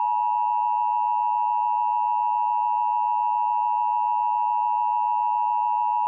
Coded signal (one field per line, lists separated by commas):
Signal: Emergency Alert System (SAME) tones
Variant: 853 and 960 Hz attention tone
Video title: The Day After - An EAS Scenario / Analog Horror (Remastered)